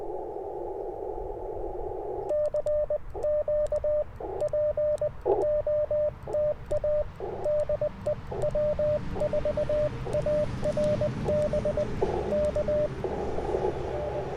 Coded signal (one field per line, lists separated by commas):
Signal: Morse code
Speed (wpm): 20 wpm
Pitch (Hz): 600 Hz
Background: radio noise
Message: CQ POTA DE W4ARB K N